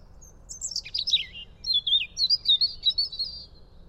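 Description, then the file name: European robin song: a high note tumbling down into a descending warble, then a fast twittering trill. "Erithacus rubecula"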